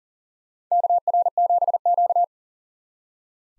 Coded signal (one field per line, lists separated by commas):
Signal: Morse code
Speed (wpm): 40 wpm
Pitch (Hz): 700 Hz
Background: none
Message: KR7Q